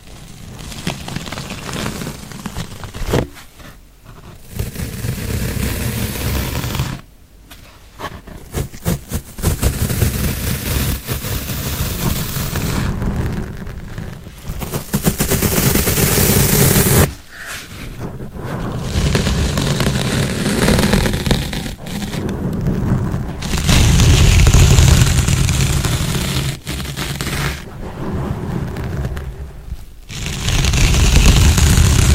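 Intense mic scratching: rough, dense rasping and rubbing noise that fills the whole range from deep rumble to bright hiss. It comes in long loud stretches broken by sudden cuts to near silence around 3, 7, 17, 23 and 30 seconds, and sometimes resembles a rumbling engine.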